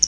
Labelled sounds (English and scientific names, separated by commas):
Hooded Warbler (Setophaga citrina) flight call